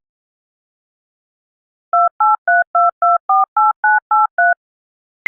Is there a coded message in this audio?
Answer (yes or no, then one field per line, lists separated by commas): yes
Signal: DTMF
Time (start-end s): 1.9-4.5 s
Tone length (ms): 180 ms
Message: 2832248983